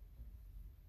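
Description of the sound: A brief, low, continuous gurgling rumble of an adult's stomach growling while digesting electrolytes, loud enough to be noticed, with no speech.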